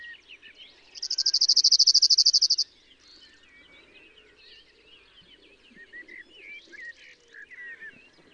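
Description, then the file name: Cirl bunting giving a fast, flat, buzzy rattle of even notes for about one and a half seconds, followed by assorted chirps and twitters. "Bruant zizi"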